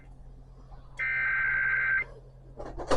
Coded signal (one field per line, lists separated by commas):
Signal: Emergency Alert System (SAME) tones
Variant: header bursts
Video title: A MARGINAL RISK OF SVR’S EAS Alerts from 3/27/23 & 3/28/23 (EAS#143 & #155)